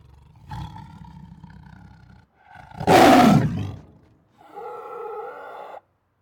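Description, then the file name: Siberian tiger giving a low rumbling growl, then a loud harsh roaring snarl, followed by a tonal, moaning growl that stops abruptly. Protective growls, roars and snarls. "Siberian Tiger Protective Growls, Roars and Snarls 1 [Sound Ideas]"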